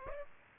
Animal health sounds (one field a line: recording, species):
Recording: mosquito wingbeat signal from an infrared sensor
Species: Aedes aegypti